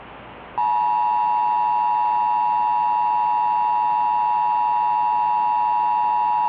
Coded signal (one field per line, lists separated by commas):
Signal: Emergency Alert System (SAME) tones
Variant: 853 and 960 Hz attention tone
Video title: THE WRATH OF TARTARUS - An EAS Scenario / Analog Horror (Remastered)